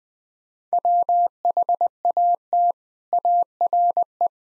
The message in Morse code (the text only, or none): WHAT ARE